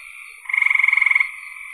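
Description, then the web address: Frog call, a short rapid pulsed trill about three-quarters of a second long over a steady chorus of other frogs. "cn frogs"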